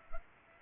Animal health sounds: mosquito wingbeat signal from an infrared sensor; Culex pipiens

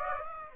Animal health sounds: mosquito wingbeat signal from an infrared sensor; Aedes aegypti

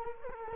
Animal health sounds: mosquito wingbeat signal from an infrared sensor; Culex quinquefasciatus

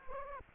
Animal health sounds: mosquito wingbeat signal from an infrared sensor; Culex quinquefasciatus

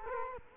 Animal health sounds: mosquito wingbeat signal from an infrared sensor; Culex quinquefasciatus

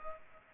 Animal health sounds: mosquito wingbeat signal from an infrared sensor; Culex pipiens

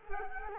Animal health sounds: mosquito wingbeat signal from an infrared sensor; Culex quinquefasciatus

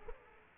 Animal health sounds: mosquito wingbeat signal from an infrared sensor; Aedes aegypti

